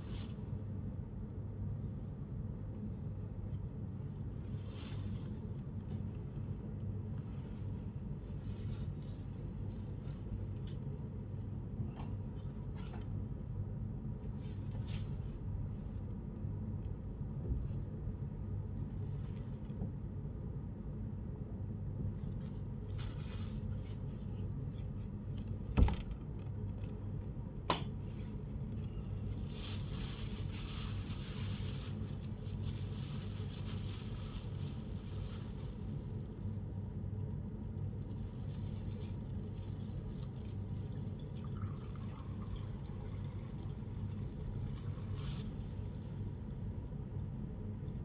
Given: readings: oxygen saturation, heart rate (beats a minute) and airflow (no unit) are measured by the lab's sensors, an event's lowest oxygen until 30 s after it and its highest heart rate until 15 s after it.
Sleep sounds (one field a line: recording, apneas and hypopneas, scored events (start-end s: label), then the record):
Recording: a person awake in a sleep study, by a smartphone at the bedside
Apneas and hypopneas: none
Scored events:
0.00-48.05 s: awake
From the record:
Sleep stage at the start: awake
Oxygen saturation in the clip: 95 to 96%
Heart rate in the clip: 49 to 91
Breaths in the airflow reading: 10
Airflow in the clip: -7.9 to 9.5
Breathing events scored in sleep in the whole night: 131 in 7.2 hours asleep